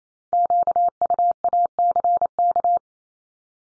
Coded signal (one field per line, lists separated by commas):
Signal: Morse code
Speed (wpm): 28 wpm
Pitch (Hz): 700 Hz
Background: none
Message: QUACK